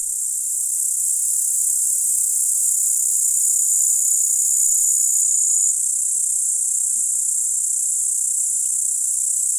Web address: Tajemnice puszczy Pasikonik spiewajcy